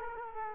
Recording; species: mosquito wingbeat signal from an infrared sensor; Culex quinquefasciatus